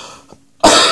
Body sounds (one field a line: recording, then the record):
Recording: coughing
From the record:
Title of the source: Spring Allergy Coughing